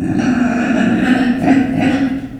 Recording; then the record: squeal of a Yucatan mini pig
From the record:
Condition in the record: after surgery on the right vocal fold (resection and tissue-engineered implant); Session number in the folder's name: 3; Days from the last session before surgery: 21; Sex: female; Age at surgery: 19 weeks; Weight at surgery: 25 kg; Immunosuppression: prednisolone